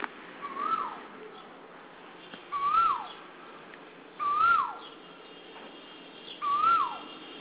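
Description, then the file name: Asian koel calling: a clear whistled note that rises, then drops sharply, repeated four times about every two seconds over faint background hiss. "Kokila"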